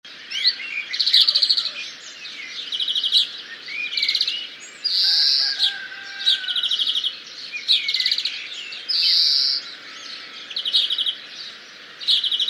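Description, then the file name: European greenfinch song: flat nasal wheezes interspersed among quick rattling trills, continuing throughout. "Chloris chloris"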